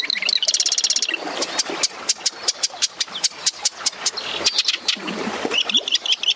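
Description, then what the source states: Marsh wren: a buzzy note, then a long, rapid series of sharp, dry clicking notes. In a marsh, one of several sounds a marsh wren may make; only males sing, and neighbouring males sing back and forth to define territory boundaries.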